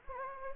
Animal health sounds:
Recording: mosquito wingbeat signal from an infrared sensor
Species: Anopheles gambiae

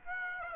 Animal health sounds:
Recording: mosquito wingbeat signal from an infrared sensor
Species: Aedes aegypti

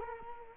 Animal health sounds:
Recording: mosquito wingbeat signal from an infrared sensor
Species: Culex quinquefasciatus

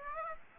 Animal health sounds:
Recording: mosquito wingbeat signal from an infrared sensor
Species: Aedes aegypti

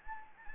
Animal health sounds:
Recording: mosquito wingbeat signal from an infrared sensor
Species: Anopheles gambiae

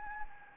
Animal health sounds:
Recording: mosquito wingbeat signal from an infrared sensor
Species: Anopheles gambiae

